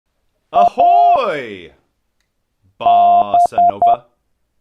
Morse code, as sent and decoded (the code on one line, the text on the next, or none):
.- -...
AB